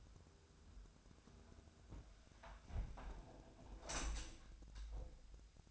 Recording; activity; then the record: daily activity, microphone in the room; close window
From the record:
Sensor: 2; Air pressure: 1006.4 hPa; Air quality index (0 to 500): 194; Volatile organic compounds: 12 ppm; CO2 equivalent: 2368 ppm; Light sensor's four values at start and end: 8/21/8/9 and 8/20/8/8